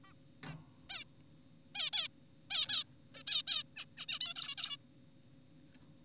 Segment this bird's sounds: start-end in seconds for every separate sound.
0.04-0.13, 0.44-0.54, 0.90-1.04, 1.75-1.90, 1.93-2.08, 2.50-2.66, 2.68-2.84, 3.14-3.23, 3.27-3.42, 3.48-3.63, 3.77-3.85, 3.98-4.06, 4.09-4.19, 4.21-4.34, 4.36-4.55, 4.58-4.77